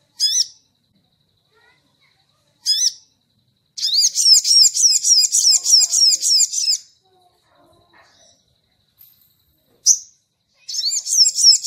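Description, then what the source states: Crimson sunbird song: isolated piercing high notes, a long rapid twittering trill lasting about three seconds, a pause, then another sharp note and a fresh burst of trilling. Training recording for cage birds; labaik song variant.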